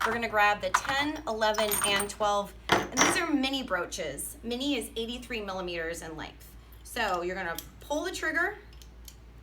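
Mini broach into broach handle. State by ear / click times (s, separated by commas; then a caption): not seated / none. Someone talks while handling metal mini broaches (orthopaedic implant-prep tools, sizes 10, 11 and 12, 83 millimeters long) to fit one onto the collared broach handle by pulling the trigger. Faint metallic handling taps come near 8.8 s and 9.1 s, and the clip ends before the broach goes home, so nothing has seated or clicked yet.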